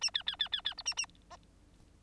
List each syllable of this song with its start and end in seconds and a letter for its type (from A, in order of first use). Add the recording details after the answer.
0.01-0.11 A, 0.14-0.23 B, 0.26-0.36 B, 0.39-0.48 B, 0.52-0.61 B, 0.65-0.74 B, 0.77-0.82 C, 0.85-0.94 A, 0.97-1.06 A, 1.30-1.36 D. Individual Bird9